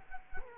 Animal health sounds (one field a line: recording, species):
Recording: mosquito wingbeat signal from an infrared sensor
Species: Culex quinquefasciatus